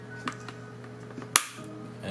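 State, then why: Seated. A plastic clip-on part is lined up on the body of a DJI Mavic Pro drone and pressed down until it locks. Soft handling taps come at about 0.3 s and 0.5 s. A sharp, loud snap at 1.4 s marks the part locking in, with both the top and bottom latches engaged.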